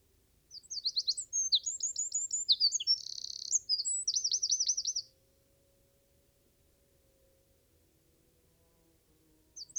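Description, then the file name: Eurasian wren singing one loud, high-pitched burst of about four seconds: quick chips and buzzy trills, then quiet, with another song just starting at the end. "Troglodytes troglodytes"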